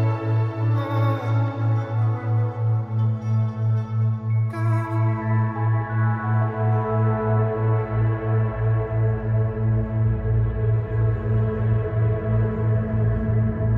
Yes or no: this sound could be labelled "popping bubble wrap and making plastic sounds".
no